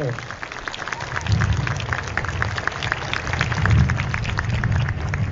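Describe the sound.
A church audience at a Mass in Formosa claps together, an applause to God for the priest ahead of the consecration of the church and altar, in a steady, dense patter of many hands that holds for several seconds, with a low murmur of voices underneath.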